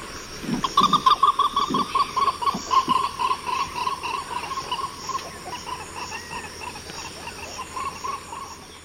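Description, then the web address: Green ibis calls, a long series of rapid, rough, clucking notes, loudest in the first few seconds and then gradually fading. Ecuador. "Natures Songs S America Birds of Ecuador. Green Ibis"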